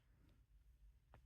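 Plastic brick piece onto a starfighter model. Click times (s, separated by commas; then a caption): 1.1 s. A plastic building-brick piece is reattached to a brick-built Delta 7 Jedi starfighter model and shifted to its right so it sits only partly on its studs. A faint tick is heard at 1.1 s. The piece is not fully seated but holds.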